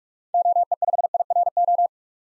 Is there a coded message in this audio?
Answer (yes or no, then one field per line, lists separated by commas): yes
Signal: Morse code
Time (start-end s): 0.3-1.9 s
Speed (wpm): 46 wpm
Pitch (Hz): 700 Hz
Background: none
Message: OE5IRO